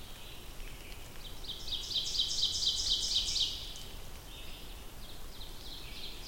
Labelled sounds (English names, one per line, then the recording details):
Ovenbird song
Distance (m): 40 m
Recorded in boreal forest in Alberta, Canada, on 2 June 2016 at 07:58
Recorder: SongMeter 3, array SBT-3-7
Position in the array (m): 37 m, 153 m
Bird 4